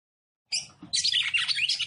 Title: CANTO DA FÊ MEA GALO CAMPINA FOGOSA LEVANTA FOGOESQUENTA GALO CAMPINA MACHO RAPIDINHO FÊ MEA NERVOSA